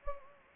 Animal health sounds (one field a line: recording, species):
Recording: mosquito wingbeat signal from an infrared sensor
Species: Anopheles gambiae